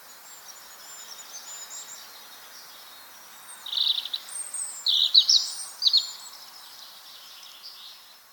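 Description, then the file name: European robin song, a few high, thin warbled phrases with quick trills and slides after a quiet start, ending in soft background hiss. "Erithacus rubecula"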